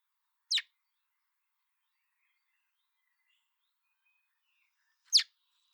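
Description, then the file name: Common blackbird calls: two isolated sharp, high chips separated by about four and a half seconds, with faint thin bird notes in between. "Turdus merula"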